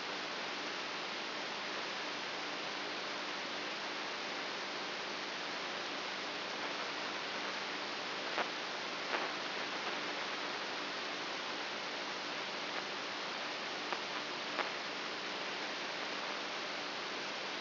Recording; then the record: brain microelectrode recording played as sound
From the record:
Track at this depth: inside the subthalamic nucleus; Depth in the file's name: 5.04 mm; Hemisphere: right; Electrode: 2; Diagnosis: Parkinson's disease